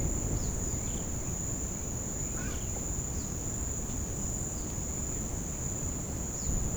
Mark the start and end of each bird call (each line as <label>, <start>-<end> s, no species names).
bird call, 0.30-1.02 s
bird call, 2.26-2.62 s